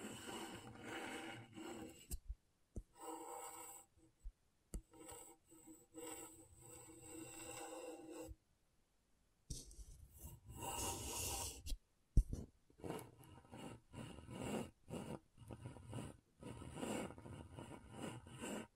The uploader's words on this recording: ASMR Brain Tingling Scratchboard (No Talking).